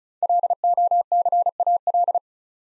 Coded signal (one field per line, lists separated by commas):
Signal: Morse code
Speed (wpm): 36 wpm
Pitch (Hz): 700 Hz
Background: none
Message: LOCAL